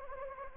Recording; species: mosquito wingbeat signal from an infrared sensor; Anopheles gambiae